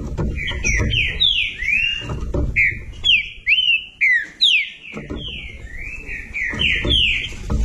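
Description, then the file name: Green-winged saltator song: a long string of loud whistled notes slurring down and up, with rumbling low background noise through most. "canto do trinca ferro"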